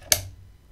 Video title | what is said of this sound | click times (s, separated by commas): XE3 4 Wi-Fi 6E Indoor Access Point (AP) Unboxing | did you hear the snap okay that bracket has now completely locked into the ap | 0.1 s